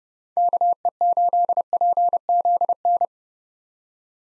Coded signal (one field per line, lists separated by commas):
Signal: Morse code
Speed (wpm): 30 wpm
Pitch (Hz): 700 Hz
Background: none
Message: KE8PZN